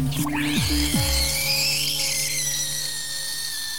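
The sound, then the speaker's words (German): An espresso machine runs loudly and steadily, a buzzing pump hum with a high whine that sweeps upward at the start, then settles into a constant tone, switched on in a house in Grunewald on a bright morning. No one speaks. “Ich schlich ins Haus und stellte die Espressomaschine an.”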